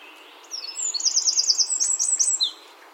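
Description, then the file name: Eurasian wren song: a loud, high two-second burst of rapid trills and sharp whistled notes, delivered at a fast, tumbling pace over a quiet background. "Troglodytes troglodytes"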